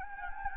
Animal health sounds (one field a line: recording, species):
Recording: mosquito wingbeat signal from an infrared sensor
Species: Anopheles gambiae